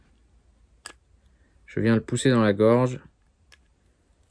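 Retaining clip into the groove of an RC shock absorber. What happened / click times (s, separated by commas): The small retaining clip snapped into its groove / 0.9 s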